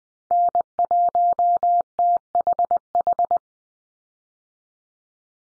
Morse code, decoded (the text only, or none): N1THH